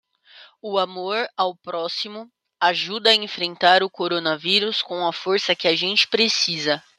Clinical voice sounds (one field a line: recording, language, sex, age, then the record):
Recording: spoken sentence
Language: Brazilian Portuguese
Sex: female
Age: 20 to 29 years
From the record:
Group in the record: control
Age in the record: 23 years